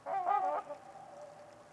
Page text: Trumpeter Swans on a Winter's Eve. Wind Is the Original Radio. Nick-Mc Mahan Winters-Lake-with-Swan. A coveted silence drenches the deep valley. Winter at it’s finest